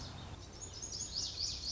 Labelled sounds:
Lazuli Bunting (Passerina amoena)
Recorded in Sonoma County, California

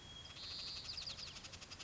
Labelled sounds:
White-crowned Sparrow (Zonotrichia leucophrys)
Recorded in Sonoma County, California

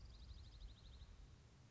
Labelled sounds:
Orange-crowned Warbler (Leiothlypis celata)
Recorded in Sonoma County, California

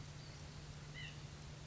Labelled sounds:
White-breasted Nuthatch (Sitta carolinensis)
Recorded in Sonoma County, California

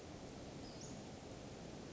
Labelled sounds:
Western Flycatcher (Empidonax difficilis)
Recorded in Sonoma County, California

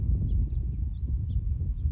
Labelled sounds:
House Finch (Haemorhous mexicanus)
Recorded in Sonoma County, California

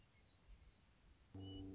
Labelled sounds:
Western Meadowlark (Sturnella neglecta)
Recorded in Sonoma County, California

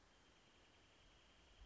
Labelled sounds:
Wrentit (Chamaea fasciata)
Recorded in Sonoma County, California

